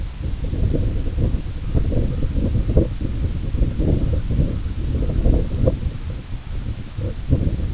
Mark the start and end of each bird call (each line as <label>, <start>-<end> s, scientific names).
Calidris fuscicollis, 1.48-7.24 s